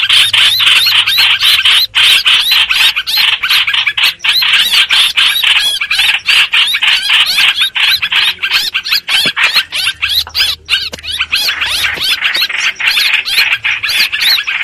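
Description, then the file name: Streak-eared bulbul distress calls: a long run of grating, harsh chatter, rapid and uneven, continuing without break throughout. Distress call given to summon the flock. "Tieng chim trao trao keu cuu goi bay"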